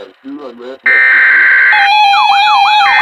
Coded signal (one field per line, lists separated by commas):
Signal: Emergency Alert System (SAME) tones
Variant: header bursts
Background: speech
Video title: XLF339 Severe Thunderstorm Warning #8 7/7/2021 (EAS #740)